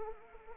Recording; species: mosquito wingbeat signal from an infrared sensor; Anopheles arabiensis